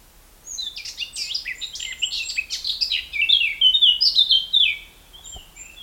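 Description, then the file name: Eurasian blackcap song: rapid chattering notes turning into a clear, fluty warble, then fading, over light background hiss. "Sylvia atricapilla"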